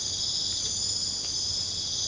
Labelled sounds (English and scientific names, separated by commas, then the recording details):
none
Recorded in secondary vegetation near Puerto Asís, Putumayo, Colombia, on 22 December 2024 at 23:30
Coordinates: 0.499, -76.323
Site G010